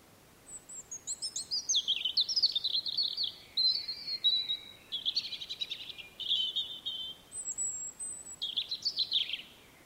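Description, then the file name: European robin giving a long, almost continuous run of high, thin whistles and fast liquid trills that shift pitch repeatedly, ending in a descending twitter. "rodhake"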